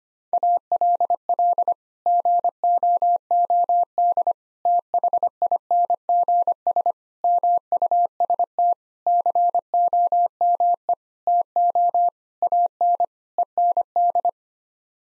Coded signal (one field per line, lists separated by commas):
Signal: Morse code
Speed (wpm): 25 wpm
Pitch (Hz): 700 Hz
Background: none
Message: ALL GOOD THINGS MUST COME TO AN END